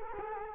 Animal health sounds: mosquito wingbeat signal from an infrared sensor; Culex quinquefasciatus

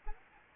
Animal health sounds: mosquito wingbeat signal from an infrared sensor; Aedes albopictus

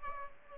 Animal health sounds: mosquito wingbeat signal from an infrared sensor; Aedes aegypti

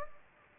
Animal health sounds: mosquito wingbeat signal from an infrared sensor; Anopheles gambiae

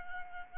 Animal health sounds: mosquito wingbeat signal from an infrared sensor; Aedes albopictus

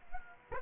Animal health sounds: mosquito wingbeat signal from an infrared sensor; Culex quinquefasciatus

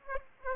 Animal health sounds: mosquito wingbeat signal from an infrared sensor; Aedes aegypti

